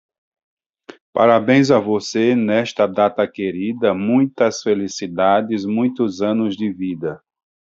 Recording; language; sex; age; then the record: short text; Brazilian Portuguese; male; 50 to 59 years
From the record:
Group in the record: control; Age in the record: 51 years